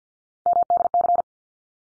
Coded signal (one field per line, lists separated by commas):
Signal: Morse code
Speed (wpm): 50 wpm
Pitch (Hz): 700 Hz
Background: none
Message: MDC